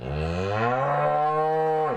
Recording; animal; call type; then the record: contact call of a hoofed animal; cattle; low-frequency (closed-mouth) or high-frequency (open-mouth) call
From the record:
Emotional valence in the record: negative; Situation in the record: full separation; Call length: 1.97 s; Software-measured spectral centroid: 1150 Hz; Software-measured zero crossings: 1430 a second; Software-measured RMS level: -24 dBFS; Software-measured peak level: -13 dBFS